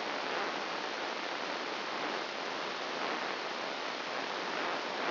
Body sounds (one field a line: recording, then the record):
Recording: brain microelectrode recording played as sound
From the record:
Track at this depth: inside the subthalamic nucleus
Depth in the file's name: 4.502 mm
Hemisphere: left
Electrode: 1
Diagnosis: Parkinson's disease